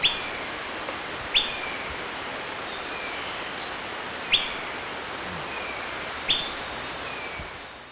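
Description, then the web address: Montane Foliage-gleaner giving four sharp, high, clipped call notes at uneven intervals, over a steady high insect-like hum and faint background hiss. Recorded in Ecuador. "Birds of Ecuador. Montane Foliage-Gleaner"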